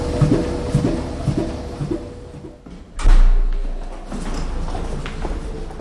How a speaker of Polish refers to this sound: Widzimy, jak papier przechodzi, farba z formy drukowej jest przekazywana na papier. Ten dźwięk głuchy właśnie, który słyszymy, to jest specyficzny odgłos techniki stalorytmiczej, przypominający bicie serca.